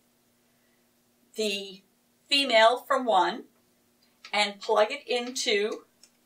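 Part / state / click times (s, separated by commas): solar panel MC cable connector into parallel branch coupler / not seated / none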